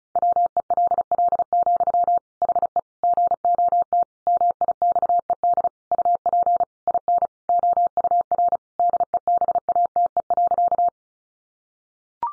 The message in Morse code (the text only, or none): WELL, HE GOT MIXED UP IN OUR DEBATE.